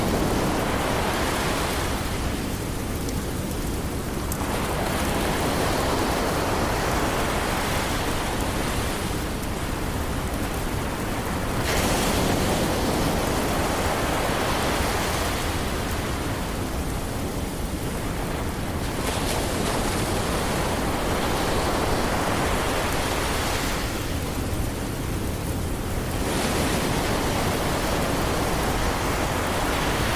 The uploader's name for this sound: Ocean Waves And Gentle Rain